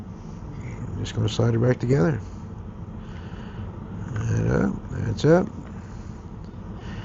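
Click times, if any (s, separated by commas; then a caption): none. Someone talks while sliding the two plastic halves of a vape's outer shell back together after the vape was submerged in water. A low steady hum runs underneath the speech. Nothing has seated or clicked yet.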